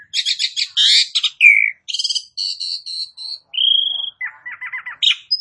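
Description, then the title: Asian pied starling song: harsh grating bursts, a sustained whistle and a rattling series of buzzy notes, varied and broken by brief gaps. "Bunyi Jalak Suren"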